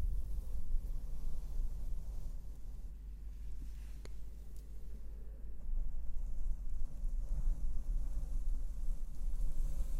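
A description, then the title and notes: Slow brushing and blowing across a microphone make a dense, low rumble that rolls on without a break, swelling and easing gently over the ten seconds. A brief thin click cuts through just after the four-second mark, with a fainter one shortly after. ASMR super slow mic brushing & blowing - bassy, binaural, no makeup.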